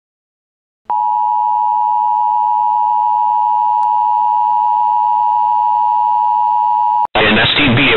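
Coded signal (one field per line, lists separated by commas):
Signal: Emergency Alert System (SAME) tones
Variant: 853 and 960 Hz attention tone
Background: speech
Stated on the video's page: Alert recreated from the movie Atomic Train.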